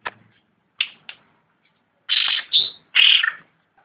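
Greater green leafbird song of short scratchy chirps, then three loud, harsh, buzzy bursts in a quick cluster near the end, with brief pauses between phrases.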